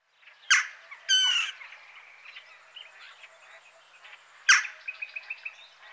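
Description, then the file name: Western jackdaw giving sharp, harsh calls, two near the start and one near the end, amid soft chatter and a short run of quick repeated notes. "Choucas"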